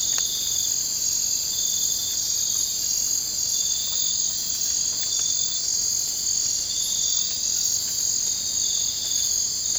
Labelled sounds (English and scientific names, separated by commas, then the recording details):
none
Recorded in dense forest near Puerto Asís, Putumayo, Colombia, on 24 March 2025 at 02:30
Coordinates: 0.485, -76.318
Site G056